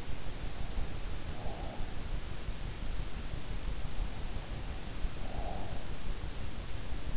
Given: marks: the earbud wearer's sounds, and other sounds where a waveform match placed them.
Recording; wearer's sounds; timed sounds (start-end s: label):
sounds in sleep by an in-ear microphone; breath
1.02-2.37 s: breath
4.61-6.21 s: breath